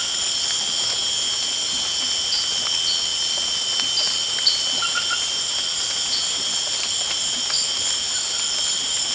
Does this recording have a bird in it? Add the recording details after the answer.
no. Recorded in dense forest near Puerto Asís, Putumayo, Colombia, on 19 March 2025 at 23:30. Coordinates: 0.481, -76.323. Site G088